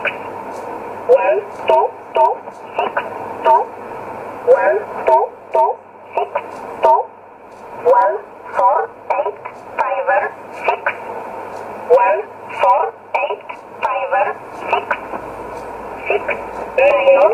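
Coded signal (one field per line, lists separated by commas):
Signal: numbers station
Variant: E11 Oblique, English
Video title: 12 08 2017 Numbers station E11 Oblique in English to Eu 0811 on 9079 in USB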